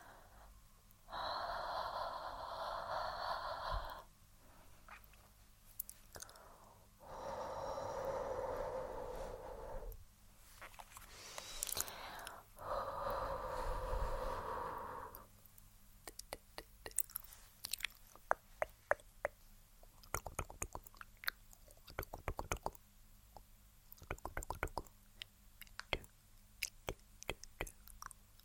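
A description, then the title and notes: Lens fogging: three long breathy blows of about three seconds each, near 1, 7 and 12.5 seconds, full and airy in the middle range. After 15 seconds come scattered sharp clicks and ticks, some in quick bursts, over a faint low hum. Lens Fogging.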